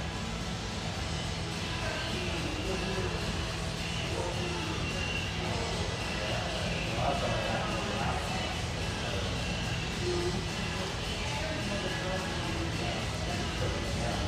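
Steady hum of an espresso house, a dense wash of overlapping voices and murmured conversation that never drops or swells. A low constant drone runs underneath throughout, with faint clinks and brief brighter sounds surfacing now and then.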